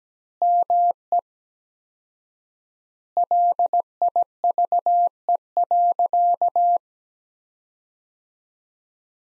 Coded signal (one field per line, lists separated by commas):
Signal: Morse code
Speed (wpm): 17 wpm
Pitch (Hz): 700 Hz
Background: none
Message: ME LIVE.